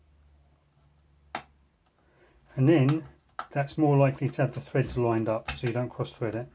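A small machine screw is placed in its threaded hole in the cassette mechanism fascia of a Sony La Scala S2 ST-S1 cassette deck and turned backwards until its thread drops into the existing thread with a single sharp click at 1.4 s, so it will not cross-thread. After a quiet lead-in, someone talks over the rest of the clip. The screw thread is engaged and seated.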